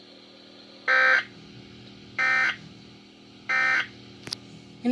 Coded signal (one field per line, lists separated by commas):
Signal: Emergency Alert System (SAME) tones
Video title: EAS #77 - 78 Severe Thunderstorm Warning